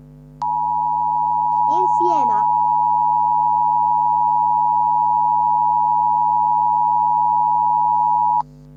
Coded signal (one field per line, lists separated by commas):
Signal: Emergency Alert System (SAME) tones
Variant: 853 and 960 Hz attention tone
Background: speech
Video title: Laos eas alarm tv